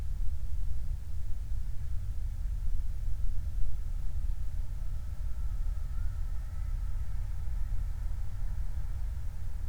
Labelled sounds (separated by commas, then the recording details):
wind
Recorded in the Prudhoe Bay oil fields, Alaska, on 29 July 2019
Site 29